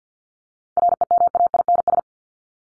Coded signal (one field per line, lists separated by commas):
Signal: Morse code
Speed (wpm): 48 wpm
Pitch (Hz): 700 Hz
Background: none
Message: REMAINS